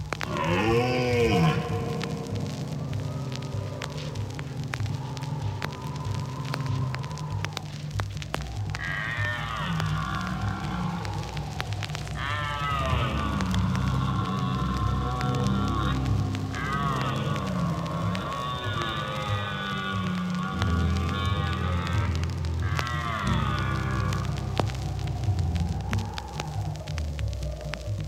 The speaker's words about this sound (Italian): E questo è il richiamo del cervo. Ce n'è ancora qualcuno nei boschi della Mesola e lungo il confine austriaco.